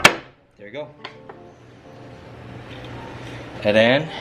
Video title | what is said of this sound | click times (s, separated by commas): Em1 K Swap #1 | and then lowered your jack down and then hopefully you can hear it click there | 0.1 s